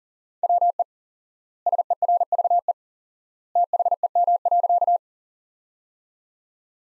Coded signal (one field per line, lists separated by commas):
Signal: Morse code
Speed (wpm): 40 wpm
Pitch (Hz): 700 Hz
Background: none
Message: WE SERVE THEM.